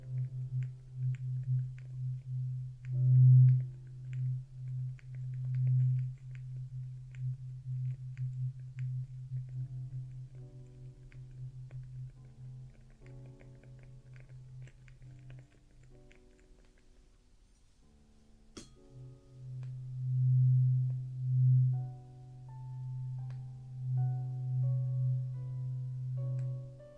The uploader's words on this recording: ASMR Traditional Chinese Ear Cleaning and Earwax Removal (No Talking).